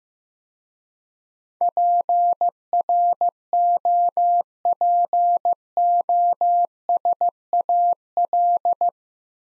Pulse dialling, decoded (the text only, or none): none